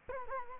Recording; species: mosquito wingbeat signal from an infrared sensor; Culex quinquefasciatus